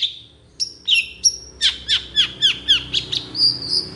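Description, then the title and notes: Long-tailed shrike song: a few high thin notes and whistles, then a rhythmic series of squeaky, downslurred notes repeated several times a second, closing on a wavering whistle. Morning singing by an actively singing long-tailed shrike, with a 'toet toet' variation of notes. "Cendet Gacor Dor Di Kala Pagi Toet Toet Variasi Suara. Burung cendet"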